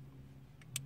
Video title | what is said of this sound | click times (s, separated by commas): How easy is it to install the MidlandUSA MXT275? | the click alright very good | 0.8 s